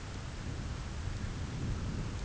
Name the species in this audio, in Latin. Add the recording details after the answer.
none. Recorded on Arctic tundra, site ZACK-1, on 9 June 2019. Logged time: 17:49